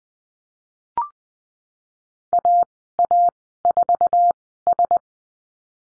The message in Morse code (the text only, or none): AA4S